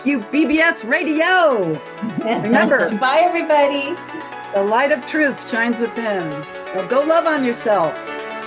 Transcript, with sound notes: Thank you, BBS Radio. Remember-
(laughs) Bye everybody.
... the light of truth shines within. Now, go love on yourself.